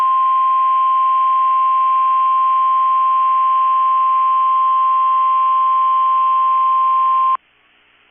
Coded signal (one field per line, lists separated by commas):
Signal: Emergency Alert System (SAME) tones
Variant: 1050 Hz attention tone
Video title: 3/9/22 - KEC65 Required Weekly Test (EAS #382)